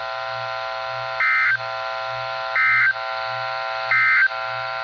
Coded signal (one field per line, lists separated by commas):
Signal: Emergency Alert System (SAME) tones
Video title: GENERAL RISK TORNADOES | Alerts from 9/29/24 - 9/30/24 (EAS #1426 - 1445)